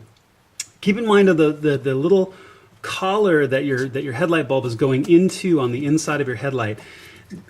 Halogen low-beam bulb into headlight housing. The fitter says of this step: So it'll click when it goes into place.